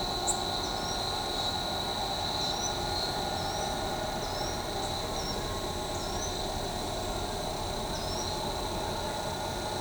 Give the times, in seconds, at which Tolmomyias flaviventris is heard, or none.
0.61-0.98, 2.38-2.69, 3.35-3.66, 4.19-4.54, 5.15-5.37, 5.97-6.29, 7.91-8.24